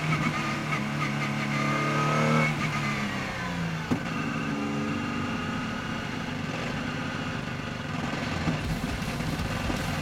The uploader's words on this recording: Nissan Onroak DPi In-Car Audio, Mid-Ohio. Ride with Scott Sharp and teammate Ryan Dalziel around the Mid-Ohio Sports Car course in their twin-turbo V6-powered Nissan Onroak DPi.